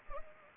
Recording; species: mosquito wingbeat signal from an infrared sensor; Anopheles arabiensis